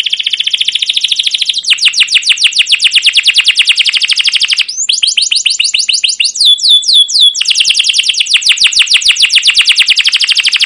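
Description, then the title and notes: Canary song with long fast trills of high repeated notes, broken midway by a few slower, sharply descending whistled syllables before the rapid trilling resumes. Continuous, long song ('gacor panjang', 'cuit cuit ngerol') meant as a lure and master tutor for training young caged canaries to learn sounds. "CUIT CUIT NGEROL LANGSUNG GACOR PANJANG Kenari Pancingan KENAR. PANCINGAN Kenari GACOR PANJANG Cuit CUIT EMOSI MASTERAN Kenari PAUD belajar BUNYI. burung kenari"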